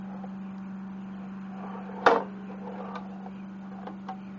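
The head of a 10-inch compound miter saw is raised until the head lock in its pivot arm engages in the open position with a loud, sharp click at 2.1 s, over a steady low hum. A few faint ticks follow at 3.3 s, 3.9 s and 4.1 s. The head now stays locked open and no longer has to be held up.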